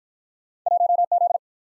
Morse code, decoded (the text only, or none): 1 Z